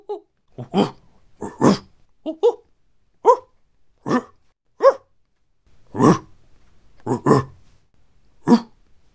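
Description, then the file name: Monkey giving short, harsh barking calls, single or paired, spaced irregularly a second or so apart, in otherwise silent surroundings. "Monkey"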